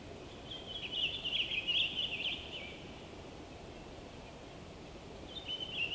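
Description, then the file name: Bird song as one long bright twittering phrase of about two seconds, then quiet hiss and a short final burst. Winter forest by day, frozen wood, North Laurentian Woods, Canada. "WINTER Forest day blissful bird song resonating through the frozen wood North Laurentian Woods Canada LOOPLR"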